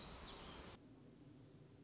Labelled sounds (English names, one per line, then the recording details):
Black-throated Gray Warbler
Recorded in Sonoma County, California